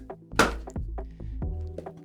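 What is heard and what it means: With the brakes held, a pedal is stomped to lock a metal quick link aligned on a new chain on a Canyon Endurace CF 7 bicycle, giving several dull thunks, the loudest at about 0.4 s. In this position the quick link fails to snap closed, and nothing has seated or clicked yet.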